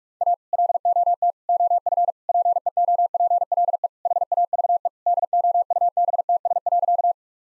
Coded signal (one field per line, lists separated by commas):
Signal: Morse code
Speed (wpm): 46 wpm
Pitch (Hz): 700 Hz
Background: none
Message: A LOT OF PEOPLE HAVE DOUBTS.